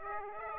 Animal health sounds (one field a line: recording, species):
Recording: mosquito wingbeat signal from an infrared sensor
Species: Aedes aegypti